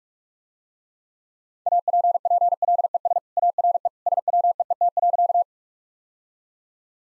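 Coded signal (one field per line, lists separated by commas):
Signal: Morse code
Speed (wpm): 45 wpm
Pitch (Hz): 700 Hz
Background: none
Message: APPLES ARE SWEET.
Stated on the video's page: Morse practice of easy sentences with context hints at 45 wpm.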